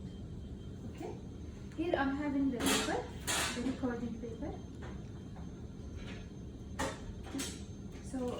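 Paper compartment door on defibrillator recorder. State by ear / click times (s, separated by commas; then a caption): not seated / none. Someone talks while handling recording paper at the plastic paper compartment door of a new Philips defibrillator's recorder, with soft rustling and light taps. Nothing has clicked or closed yet; the door is not shut by the end of the clip.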